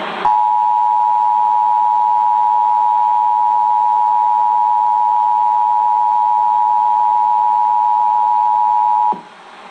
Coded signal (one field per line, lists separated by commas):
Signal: Emergency Alert System (SAME) tones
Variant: 853 and 960 Hz attention tone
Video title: Official EAS Test from 11-9-11